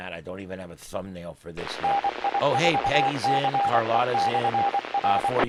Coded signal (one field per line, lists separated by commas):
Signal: Morse code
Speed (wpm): 24 wpm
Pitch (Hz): 800 Hz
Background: speech, radio noise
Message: NI4CE/R